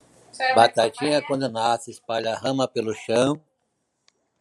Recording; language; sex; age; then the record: short text; Brazilian Portuguese; male; 50 to 59 years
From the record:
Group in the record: control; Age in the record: 59 years